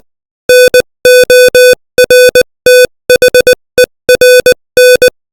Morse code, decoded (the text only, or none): NORTHERN